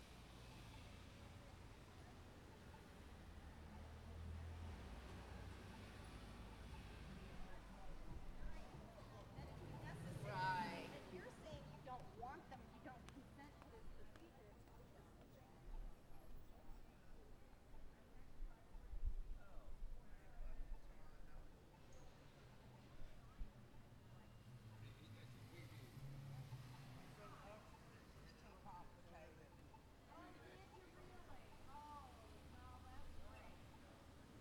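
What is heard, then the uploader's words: Pedestrians talk and walk along a slightly busy city sidewalk, voices overlapping steadily throughout. A low rumble of traffic underlies the scene, swelling around ten seconds with a passing vehicle and a brief bright squeal, and again near twenty and twenty-six seconds. City sidewalk.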